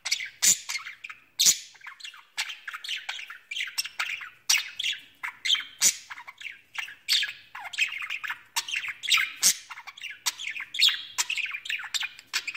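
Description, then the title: Budgerigar chatter, busy stream of scratchy chirps, warbles and loud harsh squawks. "Budgie Sounds"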